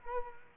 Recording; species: mosquito wingbeat signal from an infrared sensor; Culex quinquefasciatus